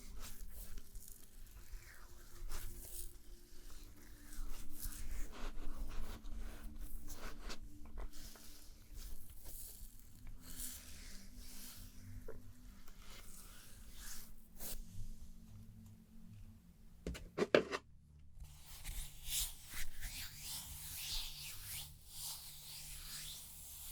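A spa stone treatment with soft rustling and handling sounds over a low, steady hum. Scattered clicks and brushing movements come and go, and a sharp louder clatter breaks in around seventeen seconds before the quieter rustling resumes.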